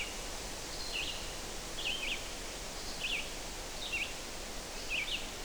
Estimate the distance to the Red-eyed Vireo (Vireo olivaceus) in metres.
about 40 m